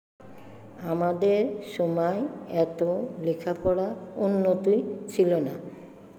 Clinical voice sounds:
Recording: elicited speech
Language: Bengali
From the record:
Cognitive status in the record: dementia

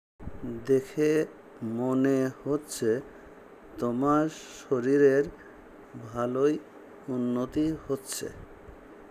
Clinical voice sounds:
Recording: elicited speech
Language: Bengali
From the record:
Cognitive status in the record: dementia

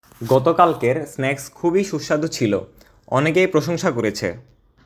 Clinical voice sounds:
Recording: elicited speech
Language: Bengali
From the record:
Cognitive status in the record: cognitively healthy

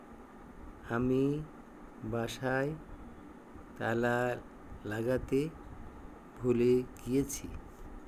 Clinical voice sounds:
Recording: elicited speech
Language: Bengali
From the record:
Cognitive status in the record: dementia

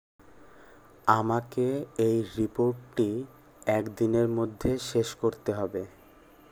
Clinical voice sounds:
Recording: elicited speech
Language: Bengali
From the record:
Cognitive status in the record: cognitively healthy

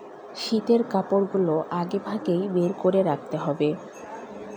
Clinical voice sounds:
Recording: elicited speech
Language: Bengali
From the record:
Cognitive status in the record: cognitively healthy

